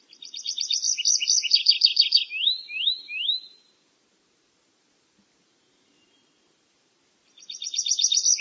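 Bird calling with a buzzy, rapidly pulsed high trill, then four quick rising slurred notes; after about four seconds of silence the pulsed trill begins again.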